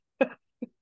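Two short, dry coughs close together from an adult woman, the first stronger, in a quiet room; she had been choking and gagging.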